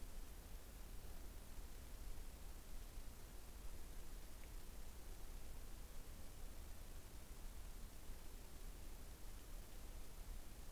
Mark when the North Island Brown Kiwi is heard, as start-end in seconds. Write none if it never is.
none